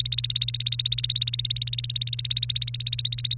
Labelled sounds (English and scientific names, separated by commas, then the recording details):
Domestic Canary (Serinus canaria) song
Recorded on 1 May 2018 at 05:48
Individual llb3